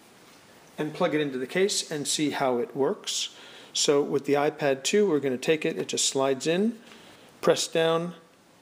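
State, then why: Not seated. An iPad 2 is slid into a Hammerhead plastic hard shell case and pressed down while someone talks. The clip ends before it pops into place, so nothing has seated or clicked yet.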